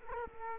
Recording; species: mosquito wingbeat signal from an infrared sensor; Culex quinquefasciatus